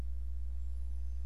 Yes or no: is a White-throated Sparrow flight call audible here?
no